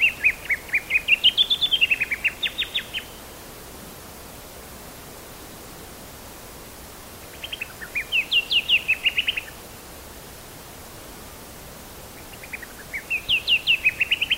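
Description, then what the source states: Black-throated honeyeater singing three bursts of rapid sharp notes spaced several seconds apart, the last cut off, with steady background hiss. Papua New Guinea.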